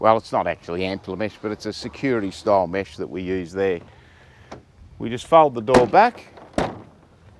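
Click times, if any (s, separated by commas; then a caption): 6.6 s. Someone talks while a caravan entrance door is folded back against the caravan body. At 6.6 seconds the door's hold-back catch engages with a single sharp hit, locking it open.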